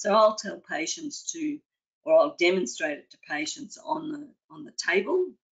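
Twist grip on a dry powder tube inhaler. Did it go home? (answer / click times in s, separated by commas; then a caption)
no / none. A plastic dry powder tube inhaler is held on a table, ready for its twist grip to be turned one way and back to load the metered dose. Someone talks throughout, in bursts with short pauses. Nothing has clicked or seated yet.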